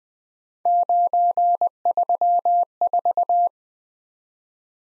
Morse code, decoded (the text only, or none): 934